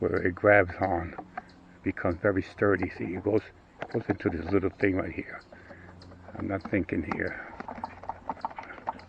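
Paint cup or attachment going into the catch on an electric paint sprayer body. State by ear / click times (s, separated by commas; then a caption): seated / 8.9 s. Someone talks while pushing a part of an old Craftsman electronic paint sprayer, model 165.15551 (Kit No. 30-15552), likely the plastic paint cup or its fitting, into the small catch on the sprayer body that grabs it and makes it sturdy. After the talking, several knocks come from about 8.0 to 8.9 s. The loudest and last, at 8.9 s, is the part clicking into its holder and seating.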